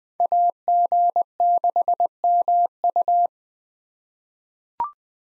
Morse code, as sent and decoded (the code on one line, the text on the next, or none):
.- --. -.... -- ..-
AG6MU